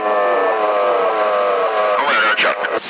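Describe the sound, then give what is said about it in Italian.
A steady, high-pitched engine drone held at full throttle, its tone wavering slightly, sounding thin and band-limited as heard over a CB radio link in Sassari in May 2019, with a voice starting to talk over it near the end. “Azz, a tutto giri, al suo motore sta andando.”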